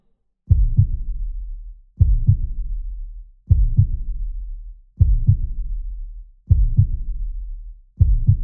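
Slow, regular paired lub-dub thumps of a human heartbeat at about 40 per minute, each with a booming tail; a sound-effect heartbeat.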